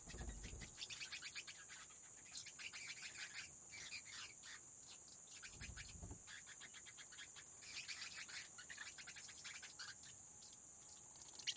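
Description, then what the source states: Bats, wing flaps: repeated bursts of soft fluttering rustles come and go throughout, over a steady, thin high-pitched whine. Bat wing flaps in a cave habitat.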